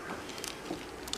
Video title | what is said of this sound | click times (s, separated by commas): PC Build Part 2 - Asus Z270H Motherboard - Intel Core i7 7700K CPU | we go click and | 1.1 s